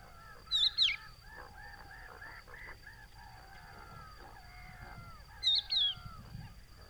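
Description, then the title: Crested lark calling with two clear, plaintive whistled phrases, each a quick falling pair of notes, a few seconds apart, over soft nasal chatter from other birds. Adult calling to others with plaintive whistle, hidden in Camargue salt marsh, Etang du Vaccarès, 5 September 2020, about an hour after sunrise; Nagra Seven with Telinga Pro7. "COCHEVIS DU VACCARES"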